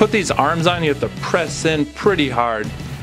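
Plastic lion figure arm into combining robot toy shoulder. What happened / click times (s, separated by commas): Toy arm handled, not yet locked in / none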